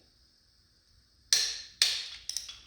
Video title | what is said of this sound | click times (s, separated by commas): Part 1: Let's build an engine! 😁 Cleaning the block and installing the crankshaft on a Chevy 350. | click click's getting louder you hear that click | 1.3 s